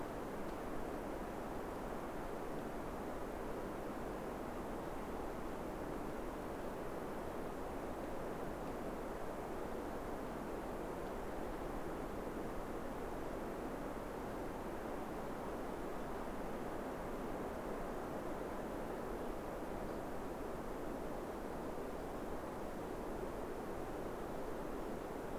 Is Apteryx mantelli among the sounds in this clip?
no